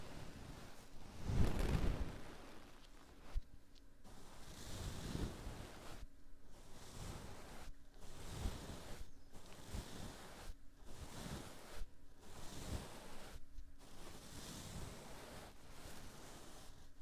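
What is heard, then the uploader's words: Ear triggers: soft, rhythmic brushing swishes repeat about once a second, each a short rush of airy noise with brief silent gaps between. Early on, around the first two seconds, a louder muffled rubbing thump stands out before the steady pattern settles in. Deep & Intense Ear Triggers Q-tips, felt ghosts, brushes & plastic coasters.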